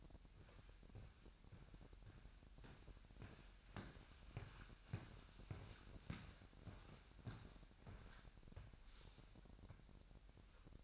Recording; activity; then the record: daily activity, microphone in the room; walk to room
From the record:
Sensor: 2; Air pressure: 1012.1 hPa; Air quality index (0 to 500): 151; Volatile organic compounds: 2 ppm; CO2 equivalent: 1096 ppm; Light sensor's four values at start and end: 84/201/83/81 and 82/196/80/79